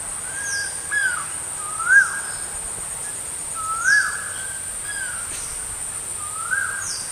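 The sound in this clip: Stork-billed kingfisher giving a few rising calls at uneven intervals against a steady high-pitched buzz.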